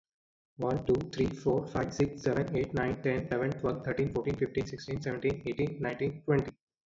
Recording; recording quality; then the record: counting at a fast pace; moderate, slight background noise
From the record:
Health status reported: respiratory illness, not identified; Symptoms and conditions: asthma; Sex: male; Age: 27 years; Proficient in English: yes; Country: India